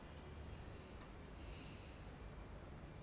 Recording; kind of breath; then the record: one breath in and out by a microphone near the nose and mouth; normal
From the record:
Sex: male